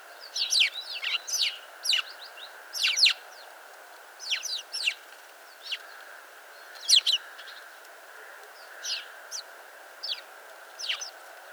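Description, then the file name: House sparrow call, a series of sharp chirps in irregular bursts across the whole stretch, with a constant low hum behind. "Passer domesticus"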